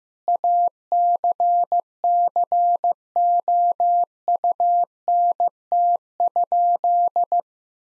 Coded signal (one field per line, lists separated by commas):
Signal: Morse code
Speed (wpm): 15 wpm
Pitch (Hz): 700 Hz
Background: none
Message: ACCOUNT?